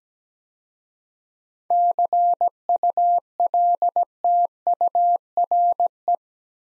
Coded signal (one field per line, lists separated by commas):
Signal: Morse code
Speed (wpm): 17 wpm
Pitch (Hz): 700 Hz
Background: none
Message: CULTURE